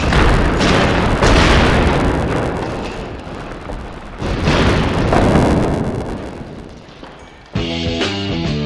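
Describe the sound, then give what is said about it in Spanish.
Loud, rumbling crashes of a shelf collapsing in an audio drama after the supporting beams were removed, several heavy bursts with crumbling, clattering debris trailing off between them, before a music sting cuts in at the end. No voices. “Y ahora la estantería está cediendo.”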